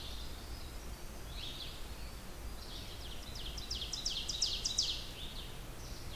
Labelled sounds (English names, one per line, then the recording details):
Ovenbird song
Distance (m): 65 m
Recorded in boreal forest in Alberta, Canada, on 16 June 2016 at 06:31
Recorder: SongMeter 3, array SBT-3-32
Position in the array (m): 67 m, 166 m
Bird 37